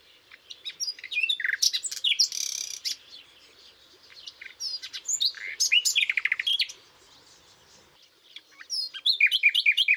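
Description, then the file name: Common nightingale delivering varied phrases of sharp chirps and fast repeated notes, separated by short pauses, with a quick rattling series at the end. "Luscinia megarhynchos"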